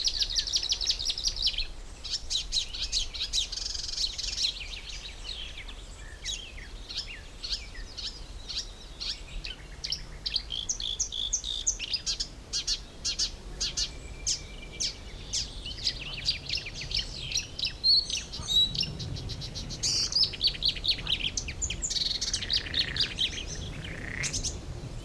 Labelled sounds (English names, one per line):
Marsh Warbler